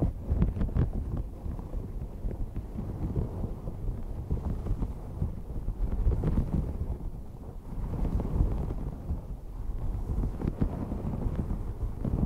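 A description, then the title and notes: Continuous scratching and rubbing on a towel, heavy in low, muffled rustle with a constant grainy texture. Sharper strokes stand out now and then, near the start, around six seconds and near the end, with a brief softer stretch at about seven seconds. Slow Towel Scratching.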